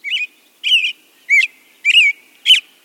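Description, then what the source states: American robin singing a series of five clear, warbled whistled phrases, each slightly different, separated by brief pauses over a calm, quiet background. Male singing evening song from a high vantage point; after sunset sings faster, more elaborate songs; robins time singing to light intensity and sunset, starting earlier when dark clouds roll in.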